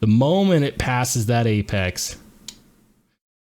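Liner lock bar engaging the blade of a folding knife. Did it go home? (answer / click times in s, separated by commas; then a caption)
yes / 2.5 s. Someone talks while the blade of a Vero Axon folding knife is rolled open past its apex. At 2.5 s a short, sharp click sounds as the titanium liner lock, with its steel lock-bar interface, snaps into place behind the blade tang. The blade is locked open.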